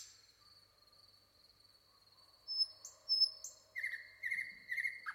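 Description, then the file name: Common nightingale calls: a quiet start, then short sharp high whistles and rapid chattering bursts in the second half, over a steady thin insect-like tone. "Luscinia megarhynchos"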